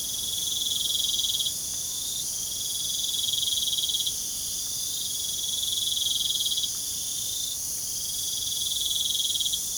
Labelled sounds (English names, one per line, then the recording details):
none
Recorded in pastures near Puerto Asís, Putumayo, Colombia, on 27 June 2025 at 23:30
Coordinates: 0.497, -76.327
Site G040